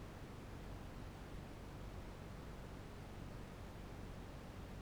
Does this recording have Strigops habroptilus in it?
no